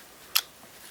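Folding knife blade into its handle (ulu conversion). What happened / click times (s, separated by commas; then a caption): The folding blade snapped into its locked position / 0.4 s. With the button pressed, the open metal blade of a Blade-Tech U.L.U. liner-lock folding knife is pushed down into its aluminum handle. A single sharp, bright click sounds at 0.4 s against quiet background. The blade locks in the ulu position.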